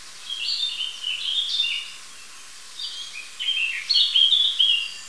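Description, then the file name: Eurasian blackcap song: two bursts of quick, varied warbling phrases, fluttery notes dipping and rising, separated by a short pause. "capinera"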